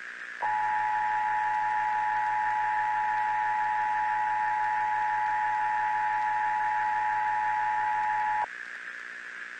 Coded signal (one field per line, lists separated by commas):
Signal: Emergency Alert System (SAME) tones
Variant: 853 and 960 Hz attention tone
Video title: EAS Scenario Movie - "The Silent Invasion: The Shockwave"